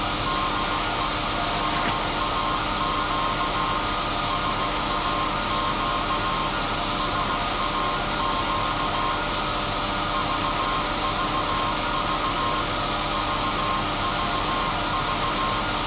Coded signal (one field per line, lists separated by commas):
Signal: Morse code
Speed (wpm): 16 wpm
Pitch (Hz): 1060 Hz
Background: radio noise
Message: DE SAQ SAQ SAQ VVV VVV